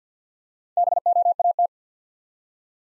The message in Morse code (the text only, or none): BOAT